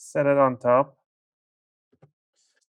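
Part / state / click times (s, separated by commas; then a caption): laptop bottom cover onto palm rest chassis / not seated / none. Someone talks briefly while the cleaned plastic bottom cover of an ASUS VivoBook 17 M712 laptop is laid on top of the palm rest chassis and lined up, before it is snapped down. After the talk it goes quiet except for a faint soft knock around 2.0 s as the cover rests down. No clip has clicked into place yet.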